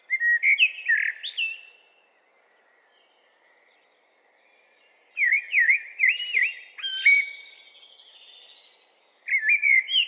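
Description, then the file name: Eurasian blackbird song in three phrases, the last cut off: low, mellow whistled warbles, the first two rising into squeaky high twitters, separated by pauses of a few seconds. "Turdus merula"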